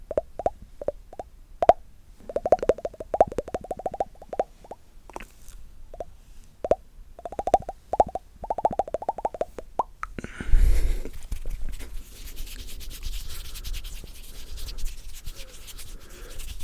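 Extreme mouth sounds: for the first ten seconds, rapid wet pops and clicks come in quick irregular bursts, some with a short tonal squeak. Around ten seconds it shifts to a dense, steady crackling rub that fills the rest with constant sticky, hissy texture.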